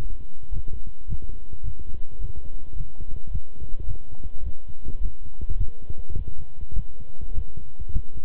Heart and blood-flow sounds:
heart sounds by stethoscope; between the tricuspid and mitral areas; 105 bpm
0.51 s: heartbeat
1.07 s: heartbeat
1.63 s: heartbeat
2.19 s: heartbeat
2.75 s: heartbeat
3.30 s: heartbeat
3.86 s: heartbeat
4.43 s: heartbeat
5.00 s: heartbeat
5.56 s: heartbeat
6.14 s: heartbeat
6.74 s: heartbeat
7.33 s: heartbeat
7.91 s: heartbeat
From the record:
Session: walking at 3.7 km/h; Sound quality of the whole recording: good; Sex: male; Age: 26 years

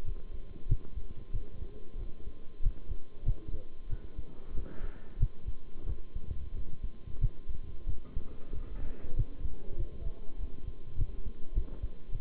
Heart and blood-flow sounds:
heart sounds by stethoscope; between the tricuspid and mitral areas; 94 bpm
0.04 s: heartbeat
0.68 s: heartbeat
1.32 s: heartbeat
1.97 s: heartbeat
2.62 s: heartbeat
3.25 s: heartbeat
3.89 s: heartbeat
4.54 s: heartbeat
5.19 s: heartbeat
5.86 s: heartbeat
6.53 s: heartbeat
7.20 s: heartbeat
7.86 s: heartbeat
8.52 s: heartbeat
9.15 s: heartbeat
9.77 s: heartbeat
10.38 s: heartbeat
10.97 s: heartbeat
11.54 s: heartbeat
12.11 s: heartbeat
From the record:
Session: bicycle stress test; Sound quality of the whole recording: good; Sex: male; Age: 23 years

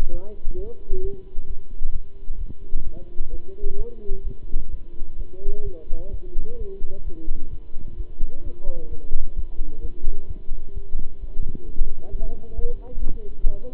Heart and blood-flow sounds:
heart sounds by stethoscope; between the tricuspid and mitral areas; 131 bpm
0.10 s: heartbeat
0.55 s: heartbeat
1.01 s: heartbeat
1.46 s: heartbeat
1.91 s: heartbeat
2.37 s: heartbeat
2.83 s: heartbeat
3.30 s: heartbeat
3.76 s: heartbeat
4.22 s: heartbeat
4.69 s: heartbeat
5.16 s: heartbeat
5.63 s: heartbeat
6.10 s: heartbeat
6.57 s: heartbeat
7.03 s: heartbeat
7.49 s: heartbeat
7.96 s: heartbeat
8.42 s: heartbeat
8.89 s: heartbeat
9.35 s: heartbeat
9.80 s: heartbeat
10.27 s: heartbeat
10.73 s: heartbeat
11.19 s: heartbeat
11.65 s: heartbeat
12.10 s: heartbeat
12.54 s: heartbeat
12.99 s: heartbeat
13.42 s: heartbeat
From the record:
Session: Bruce protocol treadmill stress test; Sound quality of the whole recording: good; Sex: male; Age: 26 years

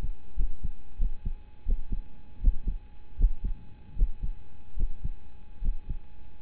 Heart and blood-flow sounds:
heart sounds by stethoscope; between the tricuspid and mitral areas; 80 bpm
0.36 s: heartbeat
0.98 s: heartbeat
1.65 s: heartbeat
2.40 s: heartbeat
3.17 s: heartbeat
3.95 s: heartbeat
4.76 s: heartbeat
5.61 s: heartbeat
From the record:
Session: rest, lying down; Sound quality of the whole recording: partially saturated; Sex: male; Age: 25 years

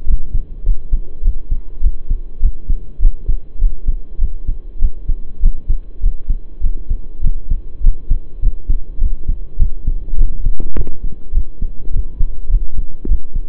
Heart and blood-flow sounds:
heart sounds by stethoscope; between the tricuspid and mitral areas; 101 bpm
0.06 s: heartbeat
0.64 s: heartbeat
1.23 s: heartbeat
1.82 s: heartbeat
2.41 s: heartbeat
3.00 s: heartbeat
3.59 s: heartbeat
4.19 s: heartbeat
4.80 s: heartbeat
5.41 s: heartbeat
6.01 s: heartbeat
6.62 s: heartbeat
7.22 s: heartbeat
7.82 s: heartbeat
8.41 s: heartbeat
8.99 s: heartbeat
9.58 s: heartbeat
10.17 s: heartbeat
10.75 s: heartbeat
11.33 s: heartbeat
11.92 s: heartbeat
12.49 s: heartbeat
13.07 s: heartbeat
From the record:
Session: pedaling a stationary bicycle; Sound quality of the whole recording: saturated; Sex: male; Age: 23 years

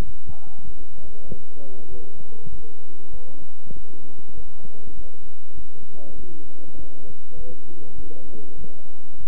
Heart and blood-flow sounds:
heart sounds by stethoscope; between the tricuspid and mitral areas; 99 bpm
0.05 s: heartbeat
0.65 s: heartbeat
1.28 s: heartbeat
1.89 s: heartbeat
2.50 s: heartbeat
3.11 s: heartbeat
3.74 s: heartbeat
4.35 s: heartbeat
4.95 s: heartbeat
5.55 s: heartbeat
6.16 s: heartbeat
6.77 s: heartbeat
7.36 s: heartbeat
7.96 s: heartbeat
8.57 s: heartbeat
9.18 s: heartbeat
From the record:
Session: bicycle stress test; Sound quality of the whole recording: good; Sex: male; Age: 23 years

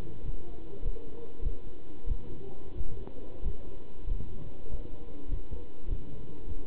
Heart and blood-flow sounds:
heart sounds by stethoscope; between the tricuspid and mitral areas; 96 bpm
0.23 s: heartbeat
0.83 s: heartbeat
1.43 s: heartbeat
2.08 s: heartbeat
2.75 s: heartbeat
3.43 s: heartbeat
4.08 s: heartbeat
4.69 s: heartbeat
5.29 s: heartbeat
5.89 s: heartbeat
6.46 s: heartbeat
From the record:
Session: pedaling a stationary bicycle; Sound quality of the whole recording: good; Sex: male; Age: 27 years

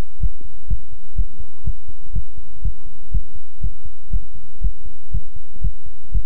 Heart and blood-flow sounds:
heart sounds by stethoscope; between the tricuspid and mitral areas; 122 bpm
0.20 s: heartbeat
0.68 s: heartbeat
1.16 s: heartbeat
1.64 s: heartbeat
2.13 s: heartbeat
2.62 s: heartbeat
3.11 s: heartbeat
3.61 s: heartbeat
4.10 s: heartbeat
4.61 s: heartbeat
5.11 s: heartbeat
5.61 s: heartbeat
6.12 s: heartbeat
From the record:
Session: pedaling a stationary bicycle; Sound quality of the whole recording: good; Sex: male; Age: 24 years

